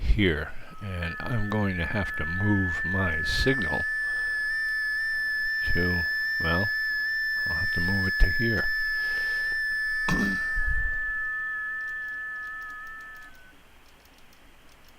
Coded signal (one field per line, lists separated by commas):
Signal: FT8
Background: speech